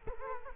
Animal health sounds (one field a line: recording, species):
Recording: mosquito wingbeat signal from an infrared sensor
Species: Culex quinquefasciatus